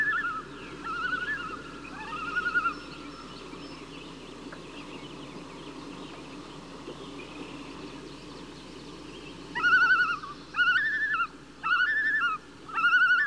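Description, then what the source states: Loon calls, soft wavering notes at first, then four loud tremolo calls in steady succession during the last few seconds. Loon giving calls in flight.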